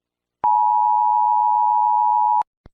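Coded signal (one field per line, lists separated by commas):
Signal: Emergency Alert System (SAME) tones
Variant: 853 and 960 Hz attention tone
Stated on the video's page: Simulated EAS scenario for a fictional hurricane.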